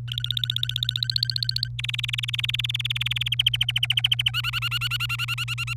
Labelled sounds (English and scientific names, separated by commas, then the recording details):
Domestic Canary (Serinus canaria) song
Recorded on 27 April 2018 at 08:49
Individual llb3